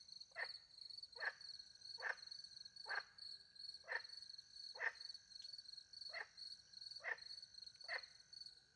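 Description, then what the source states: Frog calls, short vertical bursts repeated about every second, over a steady high trill of crickets. Frogs calling by night in French countryside beside a little pond, with crickets; microphones hidden in a tree close to the pond, two Usi pro microphones into a Mixpre 10 II.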